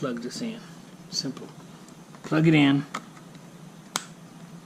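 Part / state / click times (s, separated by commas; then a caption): wiring connector into mirror switch / seated / 4.0 s. Someone talks while a mirror switch wiring connector is plugged into the switch in a new carbon fiber cover. A single sharp click sounds at 4.0 seconds as the connector seats.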